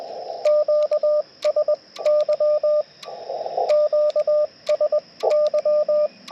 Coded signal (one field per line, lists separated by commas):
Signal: Morse code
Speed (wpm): 20 wpm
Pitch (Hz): 600 Hz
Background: radio noise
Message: QSY QSY